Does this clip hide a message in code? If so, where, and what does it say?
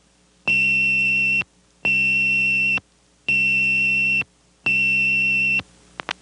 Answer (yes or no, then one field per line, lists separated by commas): no